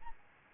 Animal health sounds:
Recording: mosquito wingbeat signal from an infrared sensor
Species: Aedes albopictus

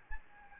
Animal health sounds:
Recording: mosquito wingbeat signal from an infrared sensor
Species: Aedes albopictus

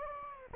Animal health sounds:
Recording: mosquito wingbeat signal from an infrared sensor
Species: Anopheles gambiae

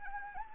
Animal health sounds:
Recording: mosquito wingbeat signal from an infrared sensor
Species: Anopheles arabiensis

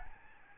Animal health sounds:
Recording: mosquito wingbeat signal from an infrared sensor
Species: Aedes albopictus

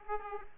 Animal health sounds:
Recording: mosquito wingbeat signal from an infrared sensor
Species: Aedes aegypti

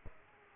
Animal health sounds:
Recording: mosquito wingbeat signal from an infrared sensor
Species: Aedes aegypti

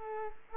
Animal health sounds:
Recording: mosquito wingbeat signal from an infrared sensor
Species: Culex quinquefasciatus

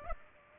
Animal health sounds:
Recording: mosquito wingbeat signal from an infrared sensor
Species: Aedes aegypti

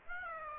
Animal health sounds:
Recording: mosquito wingbeat signal from an infrared sensor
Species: Aedes aegypti

